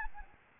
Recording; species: mosquito wingbeat signal from an infrared sensor; Aedes albopictus